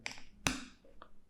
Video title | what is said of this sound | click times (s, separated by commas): EN İYİ SES KAYDI YAPAN SARAMONIC BLIK 500 PROX İNCELEMESİ | an tık diye sesimiz geldi bu şekilde bunu kullanabiliyoruz | 0.5 s